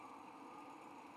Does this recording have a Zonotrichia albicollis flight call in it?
no